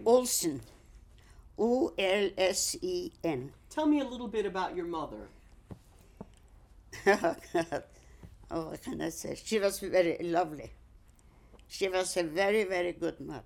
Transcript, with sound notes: Olsen. O-L-S-E-N.
Tell me a little bit about your mother?
( she laughs ) Oh, what can I say? She was very lovely. She was a very, very good mother.